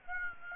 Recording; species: mosquito wingbeat signal from an infrared sensor; Aedes aegypti